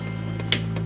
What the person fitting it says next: now i don't know if you can hear that but when i push that on it actually made a clicking noise and it snapped into place